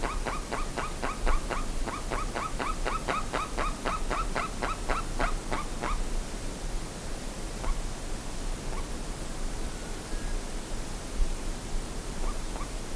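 Bird repeating short, abrupt call notes in a brisk run for about six seconds, then only an occasional faint note against continuous noisy background.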